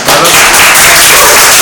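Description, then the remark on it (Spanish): Loud, dense applause from a live studio audience at a radio show, many hands clapping at once in a steady crackling wash that holds evenly for the whole short stretch. “Aprovechando el aplauso real, aprovechando que tenemos público, nos aplauden acá.”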